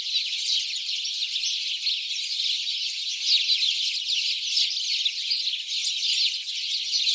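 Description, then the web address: House sparrows chattering, many overlapping chirps making a constant noisy chorus. "SETE Passer domesticus"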